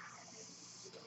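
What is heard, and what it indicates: A quiet, steady airy hiss runs without a break through the whole second, like a soft rush of air. This is the running noise of a home mechanical ventilator heard in the background.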